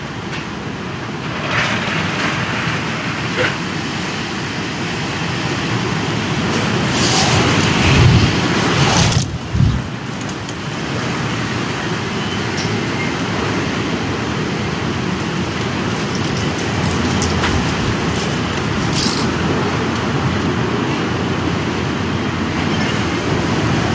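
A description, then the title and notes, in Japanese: Strong wind at the start of the rainy season roars steadily, a dense low rumble with a hissing top. A heavier gust swells between about seven and ten seconds, with sharp bursts, then the wind settles back to a constant, slightly fluttering rush. とある梅雨入りの強風。風のものすごく強い日がありましたね。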